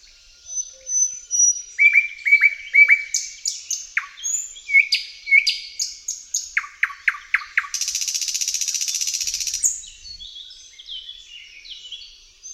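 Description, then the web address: Thrush nightingale singing varied phrases of clear whistles and sharp descending notes, then a dry buzzing rattle lasting about two seconds, followed by softer twitters. "Kurs PTTK Przyroda Tajemnice puszczy Slowik szary"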